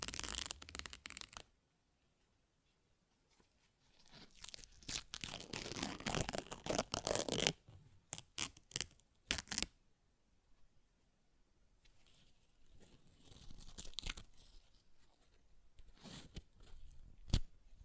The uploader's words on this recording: ASMR Paper Ripping Tearing Sounds (No Talking).